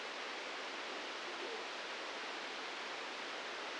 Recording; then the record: brain microelectrode recording played as sound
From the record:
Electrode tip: outside the subthalamic nucleus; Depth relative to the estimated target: 4 mm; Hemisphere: right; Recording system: NeuroSet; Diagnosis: Parkinson's disease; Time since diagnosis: 15 years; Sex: male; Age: 65 years